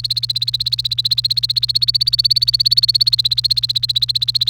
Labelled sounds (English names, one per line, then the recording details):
Domestic Canary song
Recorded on 28 April 2018 at 17:59
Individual llb3